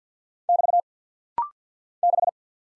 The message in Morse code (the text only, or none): <BT> 6